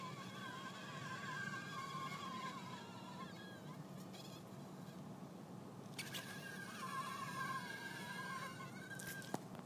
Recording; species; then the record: mosquito flight sound by mobile phone; Anopheles farauti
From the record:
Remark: in a tube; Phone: iPhone 4S